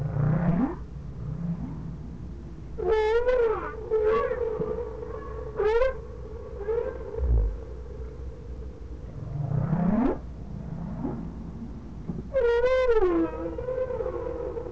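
Whale calls: a series of tonal cries, some sweeping sharply upward, others warbling with dense harmonics, spaced a few seconds apart over a low hum.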